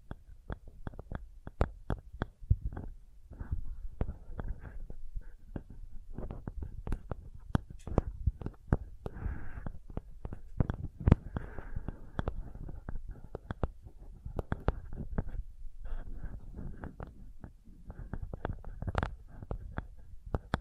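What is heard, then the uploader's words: Sensitive tapping: dense, irregular soft taps and clicks throughout, with a low rumbling undertone and brief hissy rustles around ten and fifteen seconds. Sensitive Tapping.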